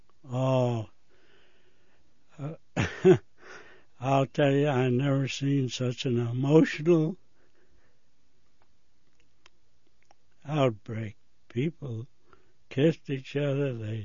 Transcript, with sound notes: Oh... [laughs] I'll tell ya, I never seen such an emotional [gets choked up] outbreak. People kissed each other,